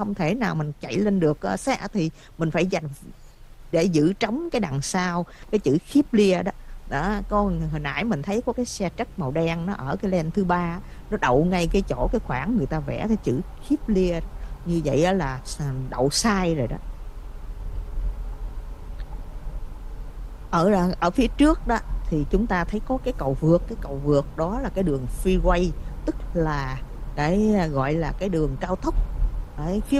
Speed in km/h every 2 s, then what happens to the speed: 2, 0, 0, 6, 16, 26, 29, 29, 31, 32, 34, 34, 37, 37, 39.
0-4 standing. 4-30 pulls away to 39.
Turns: none.